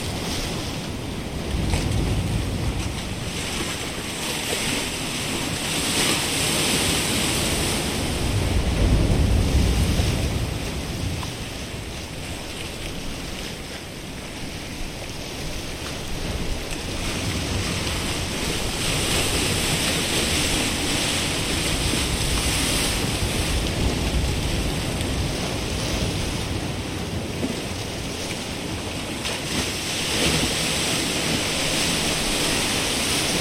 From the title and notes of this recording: Waves and water soundscape, Music for Sleep.